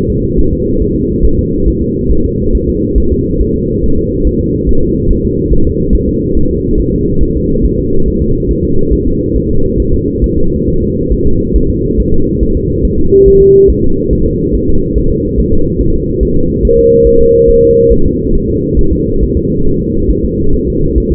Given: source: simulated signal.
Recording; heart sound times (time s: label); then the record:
fetal heart sounds
0.10 s: S2
0.39 s: S1
0.53 s: S2
0.82 s: S1
0.96 s: S2
1.25 s: S1
1.39 s: S2
1.68 s: S1
1.82 s: S2
2.12 s: S1
2.26 s: S2
2.55 s: S1
2.69 s: S2
2.98 s: S1
3.12 s: S2
3.41 s: S1
3.56 s: S2
3.84 s: S1
3.98 s: S2
4.27 s: S1
4.41 s: S2
4.69 s: S1
4.83 s: S2
5.11 s: S1
5.25 s: S2
5.53 s: S1
5.67 s: S2
5.95 s: S1
6.09 s: S2
6.37 s: S1
6.51 s: S2
6.80 s: S1
6.94 s: S2
7.23 s: S1
7.37 s: S2
7.65 s: S1
7.79 s: S2
8.08 s: S1
8.22 s: S2
8.51 s: S1
8.65 s: S2
8.93 s: S1
9.07 s: S2
9.36 s: S1
9.51 s: S2
9.80 s: S1
9.94 s: S2
10.24 s: S1
10.38 s: S2
10.68 s: S1
10.82 s: S2
11.12 s: S1
11.27 s: S2
11.56 s: S1
11.70 s: S2
12.00 s: S1
12.14 s: S2
12.43 s: S1
12.57 s: S2
12.85 s: S1
12.99 s: S2
13.28 s: S1
13.42 s: S2
13.70 s: S1
13.84 s: S2
14.13 s: S1
14.27 s: S2
14.55 s: S1
14.69 s: S2
14.98 s: S1
15.12 s: S2
15.40 s: S1
15.54 s: S2
15.81 s: S1
15.95 s: S2
16.23 s: S1
16.37 s: S2
16.65 s: S1
16.79 s: S2
17.07 s: S1
17.21 s: S2
17.50 s: S1
17.64 s: S2
17.92 s: S1
18.06 s: S2
18.36 s: S1
18.50 s: S2
18.79 s: S1
18.93 s: S2
19.23 s: S1
19.37 s: S2
19.67 s: S1
19.81 s: S2
20.11 s: S1
20.25 s: S2
20.54 s: S1
20.68 s: S2
20.98 s: S1
21.12 s: S2
From the record:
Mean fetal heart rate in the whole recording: 140 bpm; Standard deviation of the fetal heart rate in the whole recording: 2 bpm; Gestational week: 34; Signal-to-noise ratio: -17.7 dB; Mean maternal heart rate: 72 bpm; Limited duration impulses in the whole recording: present